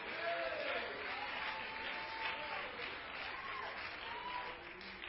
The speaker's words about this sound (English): Somebody give Him praise. Somebody clap your hands and make a joyful noise unto the Lord. Hallelujah.